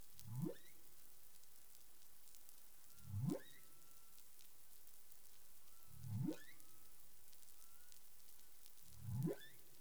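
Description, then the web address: Humpback whale calls: four low upswept moans, each rising quickly from a deep tone, repeated about every three seconds against constant underwater hiss. 20 April 2021 at 04:14 UTC. "humpback whale 20210420 041442 UTC"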